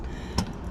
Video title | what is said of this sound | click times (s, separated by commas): 2018 NISSAN Pathfinder Hood Strut Install | See? Just locks down. | 0.4 s